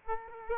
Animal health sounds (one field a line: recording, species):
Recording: mosquito wingbeat signal from an infrared sensor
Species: Aedes aegypti